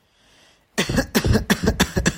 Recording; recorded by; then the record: voluntary cough; messaging app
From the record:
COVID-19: positive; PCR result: self-reported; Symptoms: no